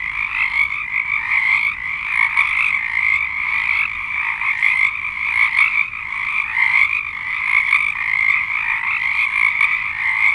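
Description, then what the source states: Many frogs calling together, steady layered croaking trills running unbroken for ten seconds. Frog chorus.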